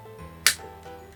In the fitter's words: なかなかはまらない時もあるんですけどうまく差し込むとそんなに力入れずにパチッとはまるんですよただ